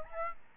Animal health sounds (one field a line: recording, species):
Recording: mosquito wingbeat signal from an infrared sensor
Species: Aedes albopictus